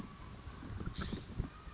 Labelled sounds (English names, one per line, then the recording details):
California Scrub-Jay
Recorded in Sonoma County, California